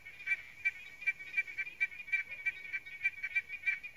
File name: Victorian smooth froglet call